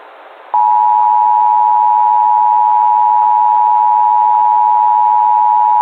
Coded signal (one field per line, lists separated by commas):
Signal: Emergency Alert System (SAME) tones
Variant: 853 and 960 Hz attention tone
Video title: EAS Scenario/Analog & Digital Horror - Sun Explosion